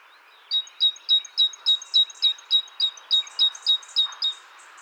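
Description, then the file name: Great tit gives a brisk, even series of about fourteen high, bell-like notes, each paired with a thin upper note, after a short silence. "Parus major"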